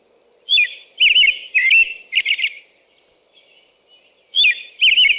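American robin song of several short, slurred whistled phrases, a high thin note, a pause, then two more phrases.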